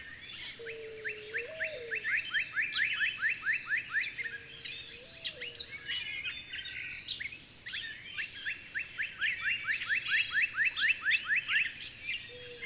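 Birds singing in a busy chorus, led by fast repeated upslurred chirps, over higher twitters and a low steady tone that bends briefly.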